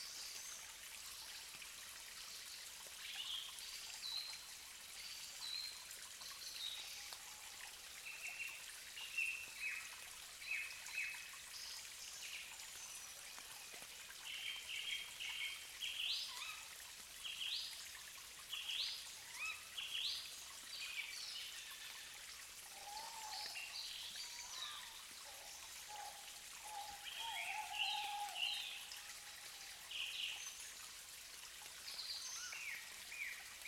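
Steady rain hisses throughout while a dense chorus of high bird chirps and trills comes and goes, with a few lower calls midway.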